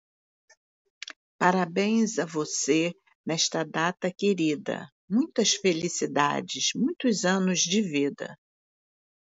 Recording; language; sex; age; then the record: short text; Brazilian Portuguese; female; 60 to 69 years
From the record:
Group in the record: control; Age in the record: 68 years